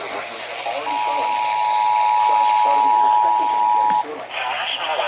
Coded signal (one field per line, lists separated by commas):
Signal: Emergency Alert System (SAME) tones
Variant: 853 and 960 Hz attention tone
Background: speech